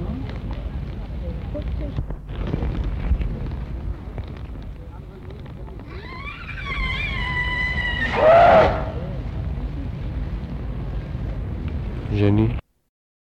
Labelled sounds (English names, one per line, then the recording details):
Asian Elephant
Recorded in captivity
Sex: female
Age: adult
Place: Zoo Berlin, Berlin, DE
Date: 1960-10-01 14:15
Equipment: Minifon, Kopie Smaragd
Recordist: Tembrock, Günter